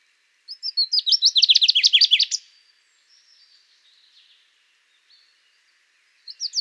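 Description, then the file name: Common chaffinch song: one fast, descending run of bright chirps lasting about two seconds, ending in a flourish, then faint soft notes and the start of another phrase. "Fringilla coelebs"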